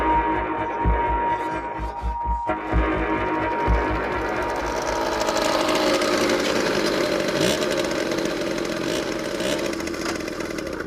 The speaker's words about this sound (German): Na, ihr beiden, seid ihr mit dem Mofa-Fahren fertig?